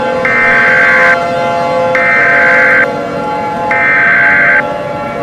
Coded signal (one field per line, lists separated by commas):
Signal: Emergency Alert System (SAME) tones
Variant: header bursts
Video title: EAS Scenario 3: World War III Russia Vs. NATO Emergency Alert System!